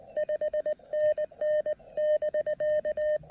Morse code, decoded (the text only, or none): 5NN<BK>